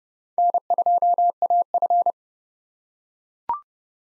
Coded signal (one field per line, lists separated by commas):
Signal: Morse code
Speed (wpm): 30 wpm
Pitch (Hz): 700 Hz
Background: none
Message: N2AF